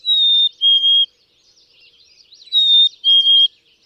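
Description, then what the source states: Black-capped chickadee song: two clear whistled notes, the first slightly higher, given twice about two and a half seconds apart. Song of sweet, whistled two to three notes, the first a bit higher.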